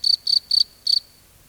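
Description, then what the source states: Cricket song, four rapid high, shrill chirps in quick succession, each made of several fast pulses, then fading to quiet. Recorded at night in a field.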